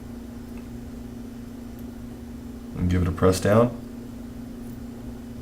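A small replacement spring is slid onto the striker of a Glock 35 pistol and lined up, over a steady low hum. Someone talks briefly around 2.8 to 3.7 seconds. Nothing has been pressed down or clicked into place yet.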